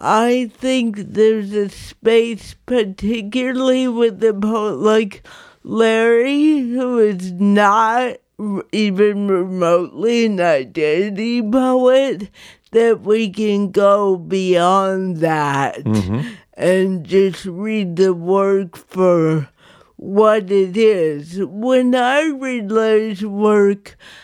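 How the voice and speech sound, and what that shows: An adult woman with cerebral palsy speaks slowly and effortfully, with drawn-out syllables and pauses mid-phrase, fitting mild dysarthria.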